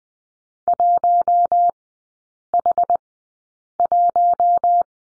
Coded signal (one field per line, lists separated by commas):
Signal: Morse code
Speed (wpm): 20 wpm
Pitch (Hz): 700 Hz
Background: none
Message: 1H1